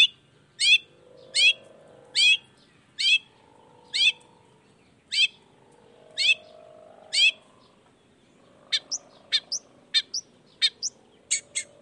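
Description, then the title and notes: Long-tailed shrike song of repeated sharp downslurred notes, then quicker, thinner varied whistles near the end. Cendet heard singing in the morning in a varied 'toet toet' style; the recording is meant to stimulate reluctant shrikes to join in and sing. "Cendet Gacor Dor Di Kala Pagi Toet Toet Variasi Suara. Cendet Gacor Di Pagi Hari Rangsangan Emosi Cendet Malas Bunyi Supaya Secepatnya Ikutan Bunyi. Burung cendet"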